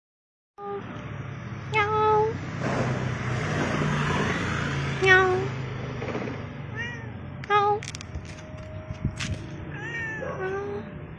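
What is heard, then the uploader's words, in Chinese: A cat meows repeatedly, short rising and falling cries around two, five, seven and ten seconds, over a steady low hum. 路上遇到曬太陽的貓有貓叫。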